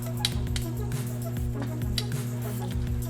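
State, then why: Not seated. The secondary terminal lock of a plastic wiring-harness connector, from a K20 swap into an automatic 7th-gen Civic, is being pushed back onto the connector housing after a pin has been repinned. Light handling taps land at about 0.3, 0.6 and 2.0 seconds over a steady low humming background. Nothing has seated or clicked yet.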